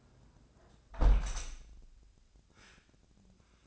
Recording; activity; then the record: daily activity, microphone in the room; close window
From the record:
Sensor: 2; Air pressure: 1012.1 hPa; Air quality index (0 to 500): 121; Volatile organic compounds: 1 ppm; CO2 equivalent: 900 ppm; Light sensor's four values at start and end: 111/266/110/109 and 113/270/111/110